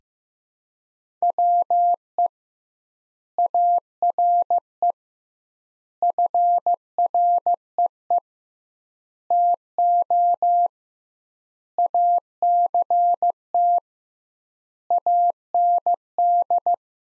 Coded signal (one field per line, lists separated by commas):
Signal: Morse code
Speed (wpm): 15 wpm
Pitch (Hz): 700 Hz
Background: none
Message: WE ARE FREE TO ACT AND